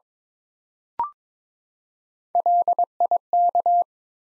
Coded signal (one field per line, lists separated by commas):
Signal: Morse code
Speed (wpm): 22 wpm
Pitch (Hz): 700 Hz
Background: none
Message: LIK